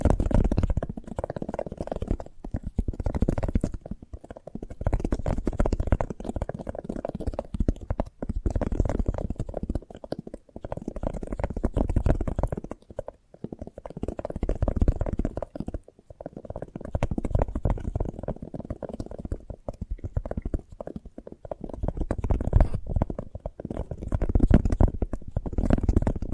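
Eating a sprouted coconut: dense, low, moist chewing and crunching fills the whole clip with little pause. Mouth sounds come in quick irregular bursts, with brief near-silent gaps around 4, 10, 13 and 16 seconds before the munching resumes.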